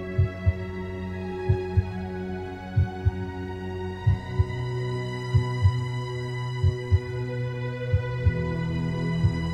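A slow, steady heartbeat of paired lub-dub thumps at about 46 beats per minute, heard over a sustained low tonal hum with layered drone harmonics.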